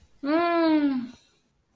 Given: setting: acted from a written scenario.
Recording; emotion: vocal sound without words; contentment